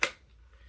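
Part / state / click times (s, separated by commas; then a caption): dust bin into cordless vacuum body / seated / 0.0 s. The plastic dust bin of a Honiture X7 cordless vacuum is pushed back into the vacuum body, giving a single sharp snap at 0.0 seconds. Only faint, quiet sound follows. The dust bin snaps and locks into place.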